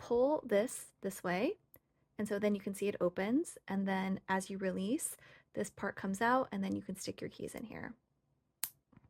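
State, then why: Seated. Someone talks while pulling open the spring-loaded metal key ring clasp on a leather key pouch, then releases it. The metal clasp snaps shut at 8.6 s with a sharp click, followed by a faint tick near 9.1 s.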